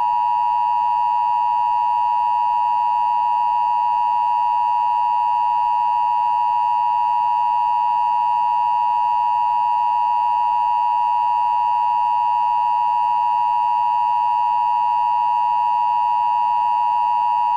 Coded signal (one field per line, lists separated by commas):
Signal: Emergency Alert System (SAME) tones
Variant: 853 and 960 Hz attention tone